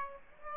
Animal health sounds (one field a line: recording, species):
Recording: mosquito wingbeat signal from an infrared sensor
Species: Aedes aegypti